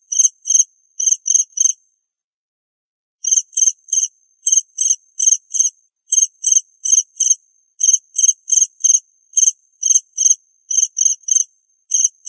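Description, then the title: Cricket giving shrill pulsed chirps in quick bunches, with a pause early on, then a long run of short bursts. "suara Hujan Guntur Suara Jangkrik Dan Burung"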